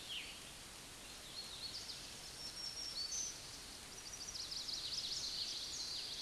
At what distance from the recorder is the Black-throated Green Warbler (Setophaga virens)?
about 65 m